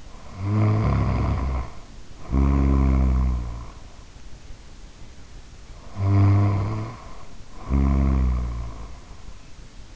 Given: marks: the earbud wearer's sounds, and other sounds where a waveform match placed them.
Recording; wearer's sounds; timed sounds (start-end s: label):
sounds in sleep by an in-ear microphone; snoring breath
0.00-3.88 s: snoring breath
5.88-9.08 s: snoring breath